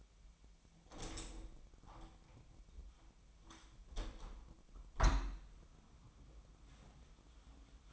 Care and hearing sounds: daily activity, microphone in the room; open window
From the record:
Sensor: 1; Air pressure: 1006.6 hPa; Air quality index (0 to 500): 209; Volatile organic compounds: 24 ppm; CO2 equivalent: 2815 ppm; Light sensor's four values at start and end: 12/31/12/13 and 12/32/12/14

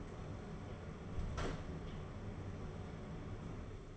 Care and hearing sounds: daily activity, microphone in the room; close door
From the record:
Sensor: 4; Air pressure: 1016.1 hPa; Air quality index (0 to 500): 203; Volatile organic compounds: 11 ppm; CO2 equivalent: 2317 ppm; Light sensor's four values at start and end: 9/20/8/7 and 9/20/8/7

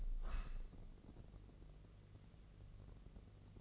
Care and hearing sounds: daily activity, microphone in the room; open window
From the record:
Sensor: 4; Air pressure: 1013.2 hPa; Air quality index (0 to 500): 171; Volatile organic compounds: 2 ppm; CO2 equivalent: 1075 ppm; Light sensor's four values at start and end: 64/161/66/68 and 59/147/61/63

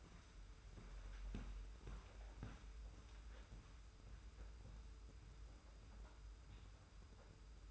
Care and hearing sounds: daily activity, microphone in the room; walk to room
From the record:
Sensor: 2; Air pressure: 991.0 hPa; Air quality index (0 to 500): 112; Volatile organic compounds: 53 ppm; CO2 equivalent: 3340 ppm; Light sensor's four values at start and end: 34/99/39/37 and 34/101/40/38

